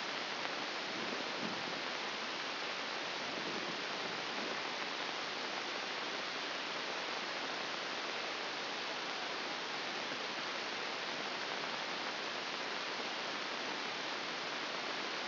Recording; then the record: brain microelectrode recording played as sound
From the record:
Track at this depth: inside the subthalamic nucleus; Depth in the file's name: 4.398 mm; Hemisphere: left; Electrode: 2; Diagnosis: Parkinson's disease